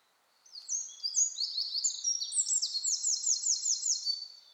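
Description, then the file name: Eurasian wren song, a loud high-pitched burst of quick warbled notes running into a fast rattling trill, about four seconds in all. "Troglodytes troglodytes"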